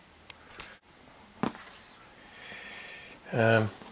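The main blade of a Victorinox Solo Alox aluminium-scaled Swiss Army pocket knife is handled as it is folded toward the handle, with short sharp ticks near 0.3, 0.6 and 1.4 s over a quiet background, and someone talks at the end. The blade has not snapped shut yet; nothing has seated.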